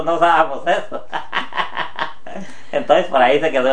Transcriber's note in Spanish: risas